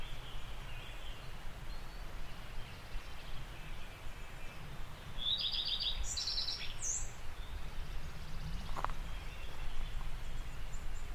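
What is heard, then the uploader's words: In a Welsh oak wood, a short burst of high, quick bird notes and a brief trill sound around the middle, over a steady low rumble. The magical trinity of pied flycatcher, restart and wood warbler in a Welsh oak wood. First a wood warbler, then a redstart and finally a pied flycatcher. All three have migrated here from Africa for a brief season of courtship and nesting among the ancient trees. Recorded by Fergus Collins, presented by Hannah Tribe.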